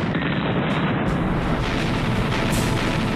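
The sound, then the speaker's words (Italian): Heavy guns of the battleship Texas boom at sunrise in a dense, continuous barrage, deep rumbling blasts overlapping into a steady roar, with a few sharper bursts standing out. No voices. “Al sorgere del sole, i cannoni della Texas rompono la quiete.”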